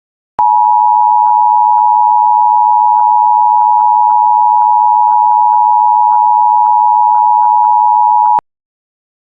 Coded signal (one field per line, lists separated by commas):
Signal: Emergency Alert System (SAME) tones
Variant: 853 and 960 Hz attention tone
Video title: IPAWSCAP EAS Fire Warning and Local Area Emergency for wildfires in Colorado (06/30/26)